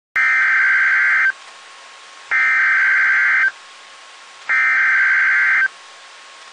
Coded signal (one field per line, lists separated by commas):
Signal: Emergency Alert System (SAME) tones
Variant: header bursts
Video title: comcast tornado warning 1 A.K.A a real eas tornado warning (Fulton County Georgia)